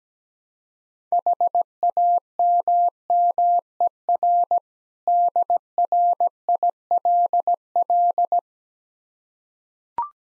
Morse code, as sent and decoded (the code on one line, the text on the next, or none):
.... .- -- -- . .-. / -.. .-. .. .-.. .-..
HAMMER DRILL